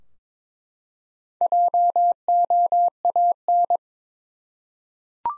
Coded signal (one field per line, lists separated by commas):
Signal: Morse code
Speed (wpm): 22 wpm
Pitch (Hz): 700 Hz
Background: none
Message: JOAN